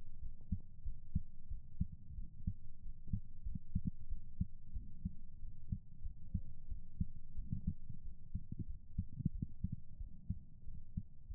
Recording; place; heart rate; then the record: heart sounds by stethoscope; pulmonary valve (PV); 98 bpm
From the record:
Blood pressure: 126/82 mmHg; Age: 35 years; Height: 163 cm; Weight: 89 kg